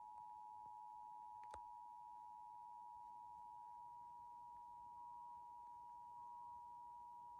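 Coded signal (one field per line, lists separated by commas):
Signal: Emergency Alert System (SAME) tones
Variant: 853 and 960 Hz attention tone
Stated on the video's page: Coordinated monthly EAS tests relayed by FM and TV stations in the Sacramento, California area.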